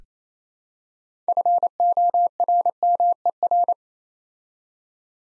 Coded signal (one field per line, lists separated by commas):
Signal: Morse code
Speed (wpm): 28 wpm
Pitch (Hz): 700 Hz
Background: none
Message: FORMER